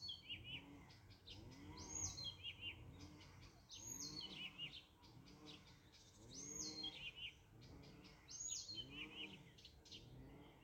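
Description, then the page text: Blyth's reed warbler song: short whistled and buzzy phrases, some rising sharply, repeated in a slow pattern, over a low rhythmic pulsing background sound. One bird singing, Riga, Latvia, 29 June 2022. "садовая камышевка, Acrocephalus dumetorum Bремя наблюдения 29-Jun-2022 Rīga Skaits 1 Статус Поёт"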